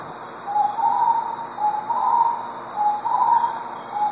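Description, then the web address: Starred wood quail calling, a mellow whistled phrase of a short note then a longer wavering note, repeated about every second over a steady hiss. Recorded in Ecuador. "Birds of Ecuador. Starred Wood Quail"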